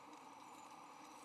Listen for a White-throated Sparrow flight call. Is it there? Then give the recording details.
no. No flight call is heard. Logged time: 01:30 on 21 November 2014